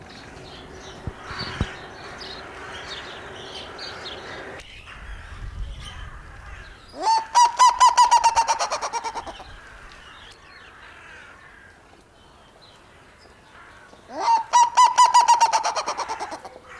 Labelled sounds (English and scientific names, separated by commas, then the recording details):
Black-legged Seriema (Chunga burmeisteri) call
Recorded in captivity
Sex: male
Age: adult
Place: Zoo Berlin, Berlin, DE
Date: 1997-03-04 12:15
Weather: heiter, 10 bis 12°C
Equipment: Nagra SN, Kopie Uher 4000 Report Monitor
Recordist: Tembrock, Günter
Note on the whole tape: Männchen: aufgebaumt, Rufreihen (Entfernung ca. 2 m)